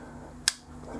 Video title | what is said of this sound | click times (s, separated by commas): cKc Slipjoint: Performance Pocket Knife | we'll talk about that as you can hear the Eclipse home right nice click yeah | 0.5 s